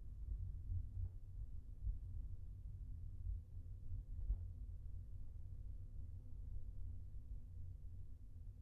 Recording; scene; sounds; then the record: everyday scene through a hearing-aid microphone; in a vehicle; engine, highway traffic jam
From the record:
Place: Skoda Fabia, gasoline engine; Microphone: behind the ear, left, front